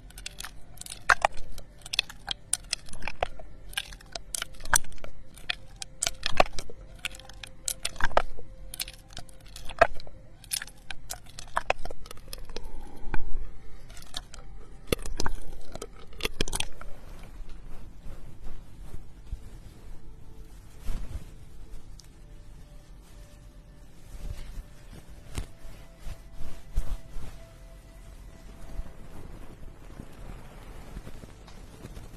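Ear picking and massage make a run of sharp scratchy clicks and rustles, dense and irregular through the first seventeen seconds. After that the taps thin out to scattered clicks over a soft, steady low hum and faint rubbing.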